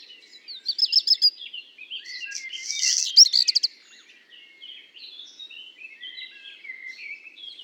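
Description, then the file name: Black redstart song: a rapid series of clicking notes, then a loud scratchy, crackling burst and sharp ticks, with softer warbled phrases from another bird. Heard with common blackbird song; recorded at Le Puech on 5 June 2021. "050621-chant-de-rougequeue-noir-de-merle-noir-Le-Puech"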